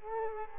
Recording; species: mosquito wingbeat signal from an infrared sensor; Culex quinquefasciatus